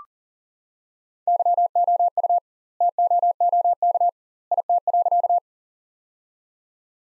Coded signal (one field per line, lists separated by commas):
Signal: Morse code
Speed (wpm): 40 wpm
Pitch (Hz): 700 Hz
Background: none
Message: YOU TOOK IT.